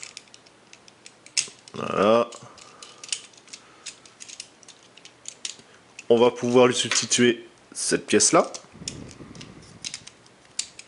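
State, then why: Seated. A plastic upgrade part is swapped onto a transforming robot figure: small plastic clicks and handling sounds scatter through the clip while someone talks. The part clips into place with a sharp snap at 10.6 seconds and is seated.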